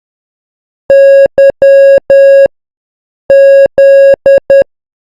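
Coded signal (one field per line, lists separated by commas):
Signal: Morse code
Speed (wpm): 10 wpm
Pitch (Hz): 550 Hz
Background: none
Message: YZ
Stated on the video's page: Morse alphabet A to Z sent at 10 wpm.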